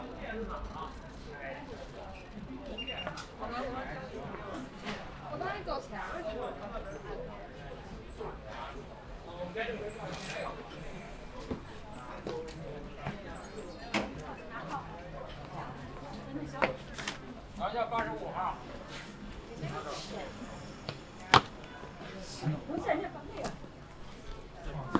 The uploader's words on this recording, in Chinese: 去香饵胡同吃小面｜城市声音。下午。